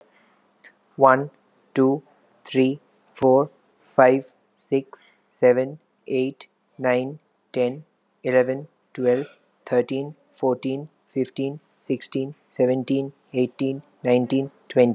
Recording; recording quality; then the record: counting at a normal pace; excellent, no background noise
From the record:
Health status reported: healthy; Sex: male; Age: 28 years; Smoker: no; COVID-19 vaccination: one dose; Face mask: not worn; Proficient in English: yes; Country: India